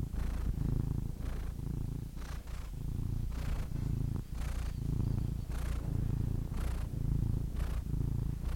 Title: The Ultimate Compilation of Adorable Cat Meows 🐱😺 #CatMeows #CuteKittens